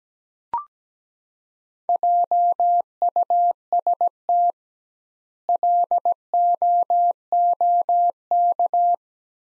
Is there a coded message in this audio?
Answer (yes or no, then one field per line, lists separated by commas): yes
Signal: Morse code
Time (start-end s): 1.9-8.9 s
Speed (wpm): 17 wpm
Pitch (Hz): 700 Hz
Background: none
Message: JUST LOOK